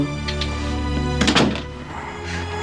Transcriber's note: soundbite of door closing